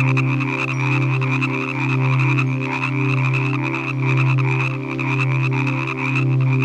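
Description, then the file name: Frog croaking: low pulsing throbs over an unbroken rattling trill. "Nature Collection - Croak Frog Calls"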